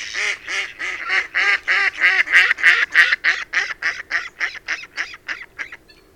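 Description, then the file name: Mallard giving a long series of about twenty harsh quacks, fading steadily quieter toward the end. "tokesrece"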